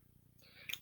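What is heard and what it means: A plastic cap is pushed onto an Absolute New York Pure Metal Veil Fluid Eyeshadow tube in the shade Mahogany, a liquid eyeshadow. Faint low rustling builds from about 0.4 s, then a short bright click sounds at 0.7 s as the cap snaps shut. The cap is seated and locked in place.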